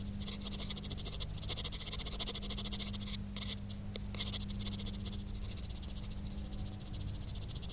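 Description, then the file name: Cricket pulses ringing high and fast, evenly repeated, with one short pause near three seconds and a low hum underneath. "Grillen"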